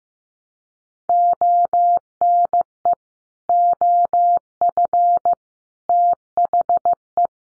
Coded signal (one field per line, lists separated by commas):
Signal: Morse code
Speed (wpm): 15 wpm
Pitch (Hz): 700 Hz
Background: none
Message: ONE OF THE